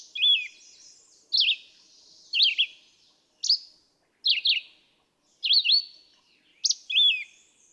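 Red-eyed vireo song of short, choppy phrases repeated about once a second, some rising, some dropping.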